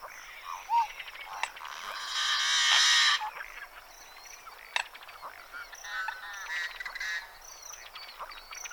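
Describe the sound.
Yellow-headed blackbird song, a grating, rasping buzz of about a second early on, surrounded by assorted chips, clicks and brief whistles, with a high hum.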